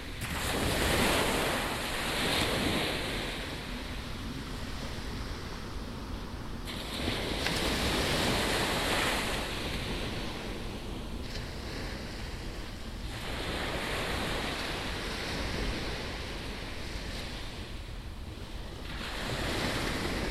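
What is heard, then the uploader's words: Waves break on a beach at night, a continuous rushing wash with no gaps. The surf swells in loudness about every few seconds, strongest near the start and around 8 and 13 seconds, while a low steady rumble and some wind buffeting sit underneath. Nocturnal beach Scheveningen. The waves breaking, probably one of the most recorded sounds. Recorded around 21:30hrs.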